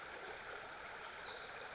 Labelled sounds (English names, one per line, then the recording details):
Western Flycatcher
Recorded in Sonoma County, California